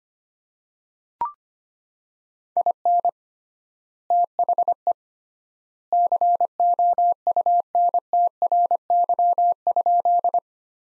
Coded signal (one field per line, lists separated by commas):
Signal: Morse code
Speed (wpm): 25 wpm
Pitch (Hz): 700 Hz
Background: none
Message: IN THE COUNTRY?